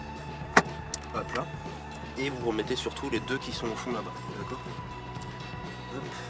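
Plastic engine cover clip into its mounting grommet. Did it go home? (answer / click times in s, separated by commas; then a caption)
yes / 0.6 s. A plastic clip on the engine top cover or air filter housing cover of a Ford Fiesta mk6 is pressed into its mounting grommet during refitting, and it snaps home with a sharp click at 0.6 s, followed by a fainter tick just after. Someone talks over a low steady hum, and the clip is seated.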